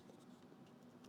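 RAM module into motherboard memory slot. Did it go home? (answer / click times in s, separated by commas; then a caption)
no / none. A RAM module is handled at a motherboard DIMM memory slot, with soft scratching and rubbing sounds and a brief sharper tick near 1.1 seconds. Nothing has seated or clicked into the slot yet.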